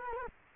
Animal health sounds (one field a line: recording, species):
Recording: mosquito wingbeat signal from an infrared sensor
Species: Culex quinquefasciatus